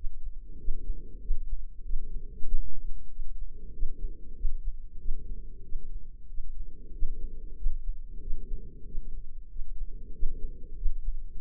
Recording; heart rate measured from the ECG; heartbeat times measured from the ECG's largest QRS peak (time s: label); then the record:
heart sounds by microphone in the left ear; 94 bpm
0.58 s: heartbeat
1.21 s: heartbeat
1.83 s: heartbeat
2.46 s: heartbeat
3.09 s: heartbeat
3.72 s: heartbeat
4.35 s: heartbeat
4.98 s: heartbeat
5.63 s: heartbeat
6.27 s: heartbeat
6.92 s: heartbeat
7.56 s: heartbeat
8.20 s: heartbeat
8.85 s: heartbeat
9.49 s: heartbeat
10.13 s: heartbeat
10.76 s: heartbeat
11.38 s: heartbeat
From the record:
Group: healthy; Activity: rest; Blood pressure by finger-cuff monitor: 122/73 mmHg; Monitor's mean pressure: 89 mmHg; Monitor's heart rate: 94 bpm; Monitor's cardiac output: 6.5 L/min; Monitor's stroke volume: 70 mL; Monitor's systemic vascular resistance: 990 dyn s/cm5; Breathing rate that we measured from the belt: 19 breaths a minute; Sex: female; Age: 43 years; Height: 160 cm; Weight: 90 kg